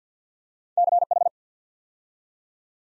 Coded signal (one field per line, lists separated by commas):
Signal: Morse code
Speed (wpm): 50 wpm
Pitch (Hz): 700 Hz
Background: none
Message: CH